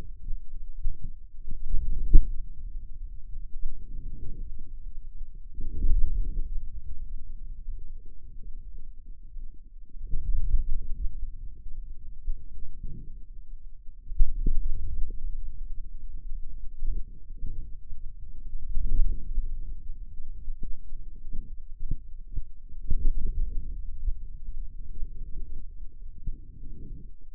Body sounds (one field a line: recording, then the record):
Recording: forearm muscle sounds (acoustic myography)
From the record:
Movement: ulnar deviation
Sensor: system 2, bracelet of six BSWA MPA416 microphones around the upper forearm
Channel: 6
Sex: male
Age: 22 years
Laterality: right